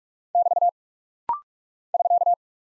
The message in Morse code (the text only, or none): <BT> <SK>